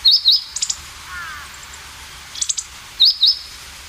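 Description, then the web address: Meadow bunting calls: sharp high ticking triplets between loud paired upslurred whistles at the start and end, plus a faint lower call midway. "sikioto. houzirozinaki"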